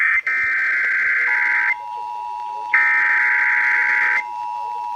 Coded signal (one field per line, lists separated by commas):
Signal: Emergency Alert System (SAME) tones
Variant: header bursts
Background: speech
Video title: Fredericksburg RMT June 2021(EAS 1,138-1,149)